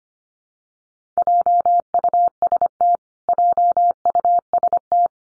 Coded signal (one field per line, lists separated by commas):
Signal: Morse code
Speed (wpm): 25 wpm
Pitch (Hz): 700 Hz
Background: none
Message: JUST JUST